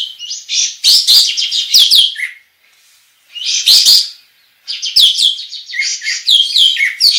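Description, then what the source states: Bulbul song: bursts of rich, chattering, warbled phrases, with a brief pause after two seconds and another just before five seconds. Described as gacor, meaning singing actively and continuously.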